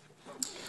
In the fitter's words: return it back just move the seat belt out of the way it locks into place